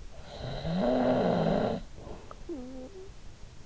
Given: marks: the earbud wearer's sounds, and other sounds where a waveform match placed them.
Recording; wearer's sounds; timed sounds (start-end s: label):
sounds in sleep by an in-ear microphone; snoring breath
0.01-3.57 s: snoring breath